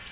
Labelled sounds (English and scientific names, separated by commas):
Yellow-rumped Warbler (Setophaga coronata) flight call